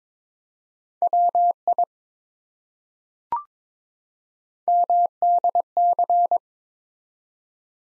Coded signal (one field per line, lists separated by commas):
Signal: Morse code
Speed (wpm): 22 wpm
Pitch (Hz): 700 Hz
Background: none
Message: WI MDC